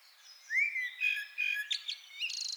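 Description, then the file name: Common blackbird song: a rising fluty whistle, mellow warbled notes, then a high squeaky twittering ending. "Turdus merula"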